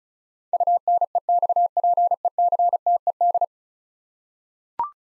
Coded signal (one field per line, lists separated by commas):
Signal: Morse code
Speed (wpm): 36 wpm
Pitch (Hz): 700 Hz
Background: none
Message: UNEXPECTED